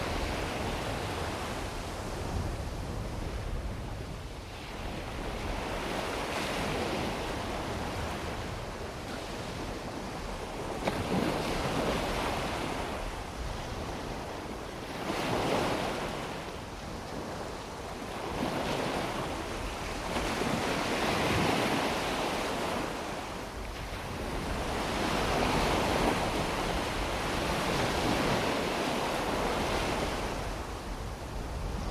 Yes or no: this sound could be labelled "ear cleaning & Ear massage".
no